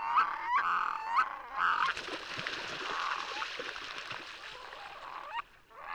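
Red-throated loon giving harsh, nasal, goose-like calls in short bursts, some rising and wavering, with a rough, noisy passage in the middle.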